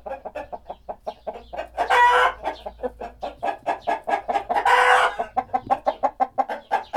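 Chicken clucking, a busy run of quick overlapping clucks, interrupted twice by brief loud raspy squawks, then settling back into rhythmic clucking.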